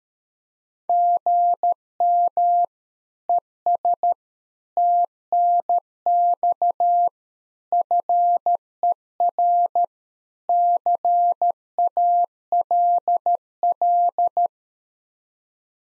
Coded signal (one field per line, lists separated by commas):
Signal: Morse code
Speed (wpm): 13 wpm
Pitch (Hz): 700 Hz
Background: none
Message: GM ES TNX FER CALL